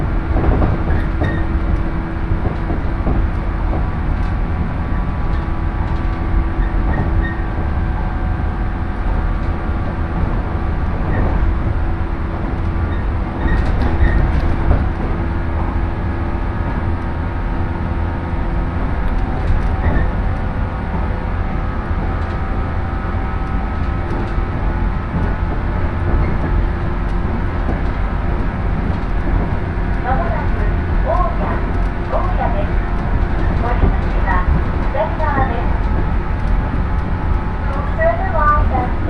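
Inside a Shinano Railway or Hokuriku Shinkansen train, a steady low rumble runs throughout with whining tones, occasional clicks, and brief voices near the end.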